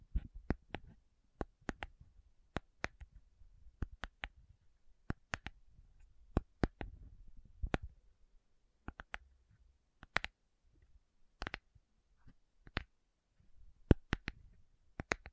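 Slow tapping on metal, each tap a sharp, bright click that stops almost at once. The taps come singly or in quick pairs about every half second to second, unevenly spaced, over a faint low rumble between hits.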